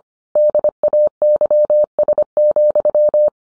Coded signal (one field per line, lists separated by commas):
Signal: Morse code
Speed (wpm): 25 wpm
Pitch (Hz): 600 Hz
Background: none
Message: DAYS,